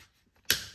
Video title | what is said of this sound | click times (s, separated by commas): 3rd row seat handle replacement for Acura MDX | click it in place grab both sides | 0.5 s